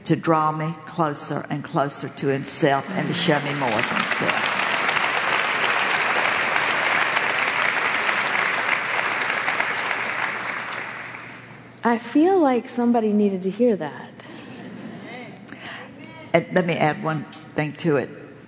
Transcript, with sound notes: to draw me closer and closer to Himself and to show me more of Himself. (applause)
I feel like somebody needed to hear that.
Let me add one thing to it.